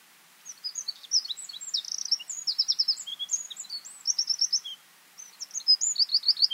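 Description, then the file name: Eurasian wren song: a rapid, high run of sharp chirps and buzzy trills, pausing briefly near five seconds before another fast trilled burst. "Troglodytes troglodytes"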